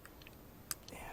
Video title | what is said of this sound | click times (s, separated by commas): 🇬🇧 Royal Enfield Continental GT Inteceptor 650 LED Headlight mod upgrade DIY Custom Cafe Racer | it snaps right in | 0.7 s